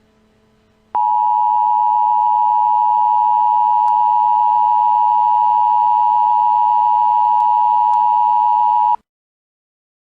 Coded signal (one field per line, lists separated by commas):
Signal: Emergency Alert System (SAME) tones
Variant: 853 and 960 Hz attention tone